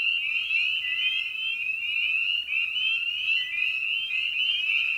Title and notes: Episode 5: Night of the Peepers. frog pond. Spring Peeper (Pseudacris crucifer). Ian Carlsen